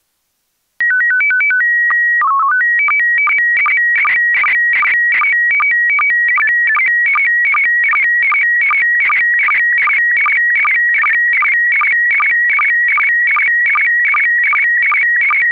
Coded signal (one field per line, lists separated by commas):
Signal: SSTV (slow-scan television)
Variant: PD 50